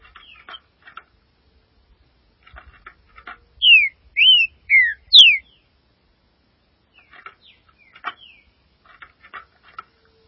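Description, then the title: Green-winged saltator song: a phrase of four loud whistled notes, each slurring up or down, framed by faint chattering notes. "Trinca Ferro"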